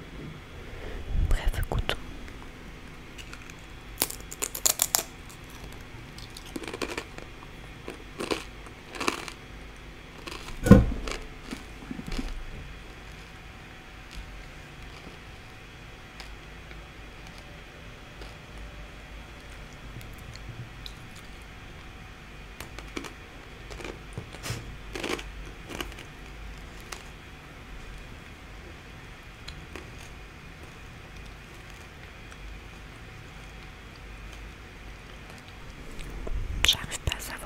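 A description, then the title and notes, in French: A tasting of odd food products: sharp clicks, crinkles and handling noises come in bursts, thickest in the first twelve seconds, again around 22–27 seconds, and in a loud flurry at the very end. A faint steady hum runs underneath throughout. Dégustation de produits chelous.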